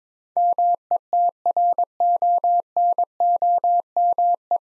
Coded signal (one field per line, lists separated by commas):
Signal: Morse code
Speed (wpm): 22 wpm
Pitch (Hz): 700 Hz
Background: none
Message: METRONOME